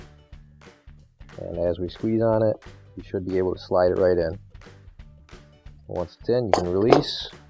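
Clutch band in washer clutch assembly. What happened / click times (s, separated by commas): The part is being handled and has not seated yet / none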